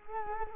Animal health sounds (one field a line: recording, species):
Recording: mosquito wingbeat signal from an infrared sensor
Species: Culex quinquefasciatus